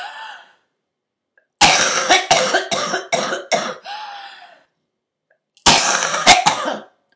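A loud, harsh run of about six rapid coughs in one burst, followed by a shorter burst of two or three coughs, with a wet, rough quality. The coughing is imitated by an adult.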